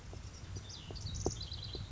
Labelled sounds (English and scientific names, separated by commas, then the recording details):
House Wren (Troglodytes aedon)
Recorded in Sonoma County, California